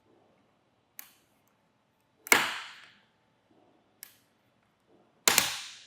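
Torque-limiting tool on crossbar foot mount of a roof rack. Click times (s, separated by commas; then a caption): 2.3 s, 5.3 s. A torque-limiting tool tightens the crossbar foot mount of a Rhino-Rack Vortex Aero crossbar roof rack kit on a 2022 Toyota 4Runner, turned until it clicks at its setting. Two faint ticks come first, then loud sharp clicks at 2.3 s and 5.3 s, each with a short ringing decay, confirming the mount is tightened to torque.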